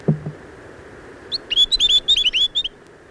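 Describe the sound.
Chatham Island tomtit singing one brisk phrase of bright whistled notes after a low knock at the start.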